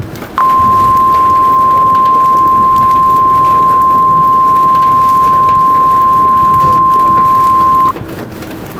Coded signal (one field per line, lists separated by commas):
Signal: Emergency Alert System (SAME) tones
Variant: 1050 Hz attention tone